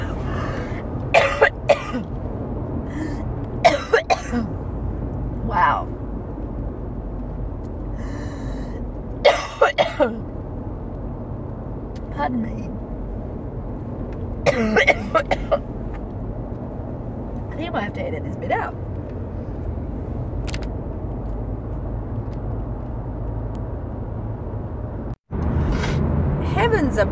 Getting over a cold that was a coughing fit par excellence.